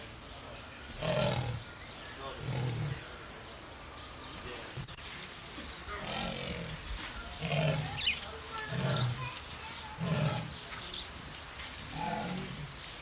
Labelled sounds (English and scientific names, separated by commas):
Leopard (Panthera pardus)